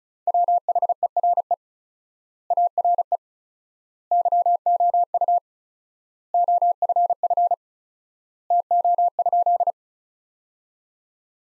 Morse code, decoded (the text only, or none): WHERE ARE YOU OFF TO?